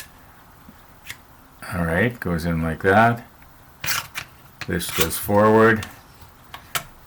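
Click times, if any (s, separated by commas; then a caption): 6.5 s. In a home-made stapling setup, a sliding part is pushed forward until it locks into place in the stapler or jig, though it is harder to lock in than it should be. Someone talks over a few quiet taps and handling sounds. A single sharp click at 6.5 s marks the part locking in.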